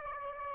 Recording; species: mosquito wingbeat signal from an infrared sensor; Aedes aegypti